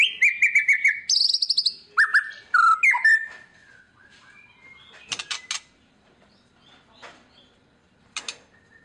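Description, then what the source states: White-rumped shama pouring out stuttered whistles, a high buzzy trill and dropping notes, then faint scattered clicks for the rest. Lure song of an actively singing ('gacor') murai batu, played to make other birds respond.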